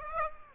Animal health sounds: mosquito wingbeat signal from an infrared sensor; Aedes aegypti

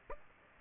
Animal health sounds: mosquito wingbeat signal from an infrared sensor; Aedes aegypti

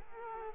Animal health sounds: mosquito wingbeat signal from an infrared sensor; Culex quinquefasciatus

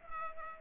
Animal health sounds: mosquito wingbeat signal from an infrared sensor; Culex pipiens

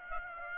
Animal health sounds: mosquito wingbeat signal from an infrared sensor; Aedes aegypti

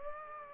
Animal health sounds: mosquito wingbeat signal from an infrared sensor; Aedes aegypti

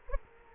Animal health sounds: mosquito wingbeat signal from an infrared sensor; Culex quinquefasciatus

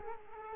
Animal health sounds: mosquito wingbeat signal from an infrared sensor; Culex quinquefasciatus

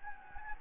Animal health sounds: mosquito wingbeat signal from an infrared sensor; Anopheles gambiae

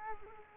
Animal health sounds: mosquito wingbeat signal from an infrared sensor; Culex quinquefasciatus

